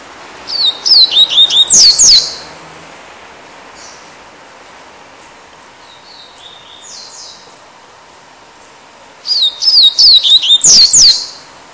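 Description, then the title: Double-collared Seedeater singing a short burst of high, sweeping whistled notes, then a long quiet gap with faint bird notes, then a second similar phrase. "Canto Coleiro"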